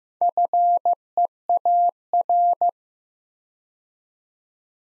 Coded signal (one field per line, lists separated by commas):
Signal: Morse code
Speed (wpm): 15 wpm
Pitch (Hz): 700 Hz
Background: none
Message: FEAR